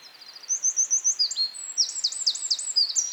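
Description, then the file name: Eurasian wren song: high rapid trills and piercing repeated notes run on for about three seconds without pause. "Troglodytes troglodytes"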